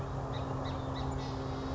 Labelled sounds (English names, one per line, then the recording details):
Song Sparrow
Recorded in Sonoma County, California